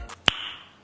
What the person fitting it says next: Nice. I må gerne høre det sådan en klik, så ved I, den sidder ordentligt.